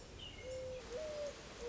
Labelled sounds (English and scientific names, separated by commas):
Mourning Dove (Zenaida macroura)